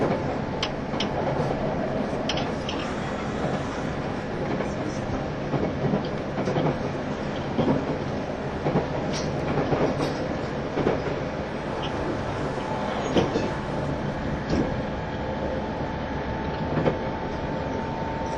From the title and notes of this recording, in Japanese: E351系 Sあずさ18号02 甲府～八王子。全車引退したJR東日本唯一の振り子式車両であったE351系、速達運用だったSあずさを収録したものです。走行音。